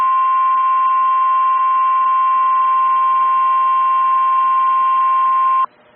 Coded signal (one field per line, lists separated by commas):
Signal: Emergency Alert System (SAME) tones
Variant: 1050 Hz attention tone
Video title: (VALID TONES) EAS Severe Thunderstorm Watch for Oklahoma! (05/28/24)